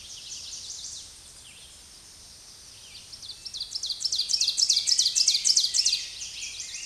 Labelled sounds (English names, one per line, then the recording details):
Ovenbird song
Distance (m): 15 m
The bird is about 10 m above the microphone
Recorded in a Pennsylvania forest on 16 May 2024 at 06:56
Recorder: AudioMoth, point MSD-2083
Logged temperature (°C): 16.7 °C
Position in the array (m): 137 m, 9 m